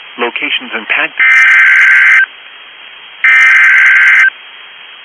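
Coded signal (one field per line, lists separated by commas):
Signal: Emergency Alert System (SAME) tones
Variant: header bursts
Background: speech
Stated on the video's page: Online NOAA Weather Radio severe thunderstorm warning.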